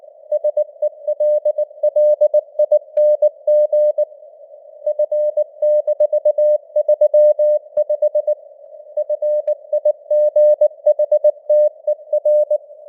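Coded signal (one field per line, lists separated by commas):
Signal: Morse code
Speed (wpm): 19 wpm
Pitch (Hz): 600 Hz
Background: none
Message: SELLING F-35 FIGHTER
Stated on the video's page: News headlines in 19 wpm Morse with simulated radio noise and fading (QSB).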